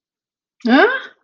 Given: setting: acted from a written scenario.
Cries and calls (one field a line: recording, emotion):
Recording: vocal sound without words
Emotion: confusion